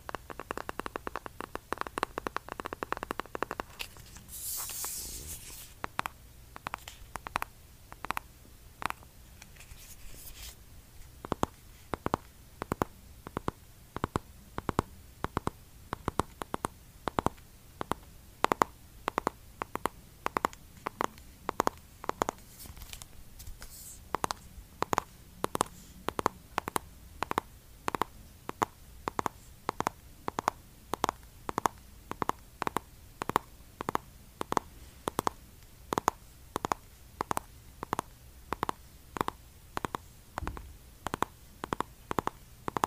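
Eyeshadow tapping: quick, crisp taps fall in a steady rhythm, roughly two per second, through most of the clip. The opening seconds are softer and more uneven, with a brief bright scratchy burst around four seconds, and a low murmur runs underneath throughout.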